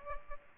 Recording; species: mosquito wingbeat signal from an infrared sensor; Culex pipiens